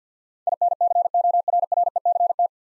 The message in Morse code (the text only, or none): INCORRECT